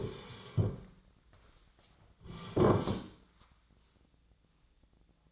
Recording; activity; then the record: daily activity, microphone in the room; sit down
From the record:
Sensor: 3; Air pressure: 1009.2 hPa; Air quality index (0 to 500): 186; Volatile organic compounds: 3 ppm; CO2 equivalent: 1504 ppm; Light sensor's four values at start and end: 38/96/43/44 and 48/123/54/55